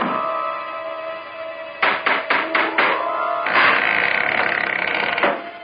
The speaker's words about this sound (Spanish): llaman a la puerta. Ve tú a abrir, rápido.